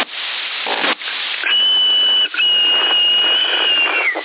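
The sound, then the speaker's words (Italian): A steady, high-pitched whistle comes over a crackly CB radio channel in Sassari, February 2019. It holds one note for a few seconds, breaks briefly, then resumes above constant radio hiss with no talking. “Sì, avanti, fischio.”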